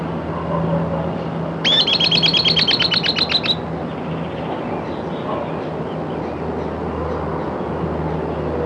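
Bird producing a single rapid trill of evenly spaced clipped notes lasting about two seconds, then only a continuous low humming background.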